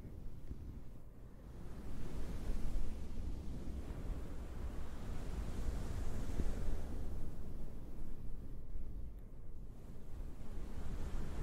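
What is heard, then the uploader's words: A towel is swished and rubbed to imitate ocean waves, giving a continuous rushing noise heavy in the low end. It swells roughly every four seconds, rising around the second and sixth seconds and easing back between, like surf rolling in and receding. Oceanwave-like towel sounds.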